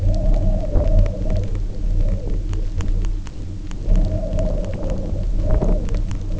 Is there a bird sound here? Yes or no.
no